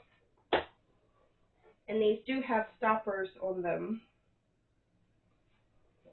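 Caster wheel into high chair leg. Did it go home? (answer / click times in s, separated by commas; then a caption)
yes / 0.5 s. A caster wheel is pushed into a hole on the bottom of a plastic high chair leg and seats with a single sharp click at 0.5 s. Someone then talks for a few seconds before the clip goes quiet.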